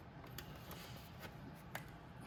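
A headlight housing on the front fairing of a Venom 2000w E-Vader electric motorcycle is folded up and pressed toward its plastic mounting tabs on the second side. Over a steady low background, two brief sharp ticks of handling are heard at about 0.4 s and 1.8 s. Nothing has seated or clicked in yet.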